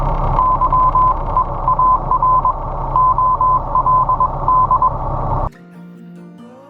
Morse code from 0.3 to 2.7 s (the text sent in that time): YEAR